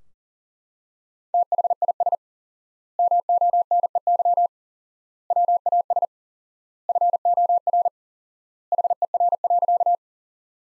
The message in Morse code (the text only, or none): THIS MONEY WAS FOR HER.